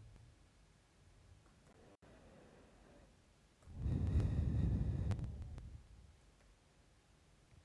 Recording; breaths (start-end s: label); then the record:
nose breathing near a microphone
1.32-3.50 s: inhalation
3.50-6.08 s: exhalation
From the record:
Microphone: phone